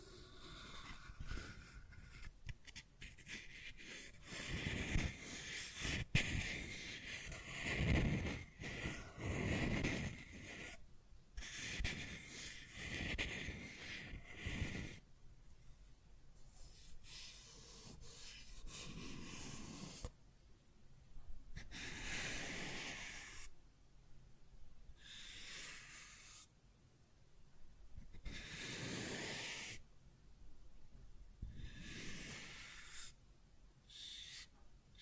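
Scratching and tracing sounds made of repeated rough rubbing strokes, each a hissy scrape lasting a second or two with short pauses between. The first fifteen seconds are denser and heavier with low thumps; later strokes are thinner, brighter and more spaced out.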